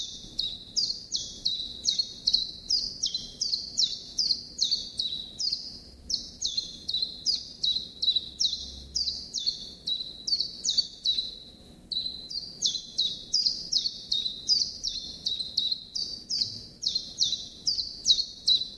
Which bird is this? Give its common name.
Common Chiffchaff